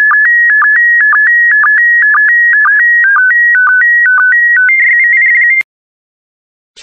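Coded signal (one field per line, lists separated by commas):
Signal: SSTV (slow-scan television)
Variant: PD120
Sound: steady warbling tones near 1.8 kHz with short low blips twice a second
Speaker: Get ready. Starting transmission in 5, 4, 3, 2, 1. Transmission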